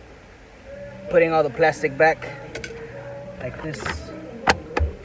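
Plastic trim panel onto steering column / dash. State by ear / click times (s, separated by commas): seated / 4.8 s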